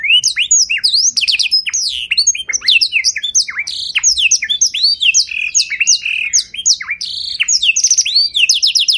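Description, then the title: Domestic canary singing a dense, unbroken song of high whistled sweeps and quick chirps, with short rapid trills, continuous throughout. White canary with rolling song, long sustained phrases and ornate cengkok style. "Canto Para Esquentar Canário Belga. Suara Burung Kenari Putih Ngeroll Mantap Nembak Panjang! Cengkok Mewah Beda Dari Kenari Lain"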